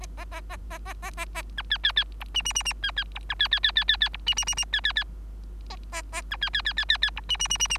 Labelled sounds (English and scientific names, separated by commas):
Bengalese Finch (Lonchura striata domestica) song